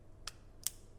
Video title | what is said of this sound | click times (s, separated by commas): Honda Smart Key Battery Replacement - DETAILED Version - Vortex Garage Quick Vid | and push it till it clicks and just like that you've replaced the battery in your honda smart key | 0.7 s